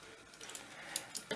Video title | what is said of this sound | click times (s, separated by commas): How to program replacement or a new key fob for Camaro 3 ways plus a fix | it snaps right in place | 1.0 s